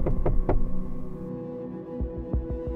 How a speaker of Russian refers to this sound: Парень глубоко вдохнул, выдохнул и тихонько постучался.